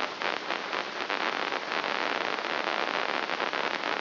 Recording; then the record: brain microelectrode recording played as sound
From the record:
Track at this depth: inside the subthalamic nucleus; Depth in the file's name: 3.818 mm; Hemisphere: left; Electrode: 3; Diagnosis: Parkinson's disease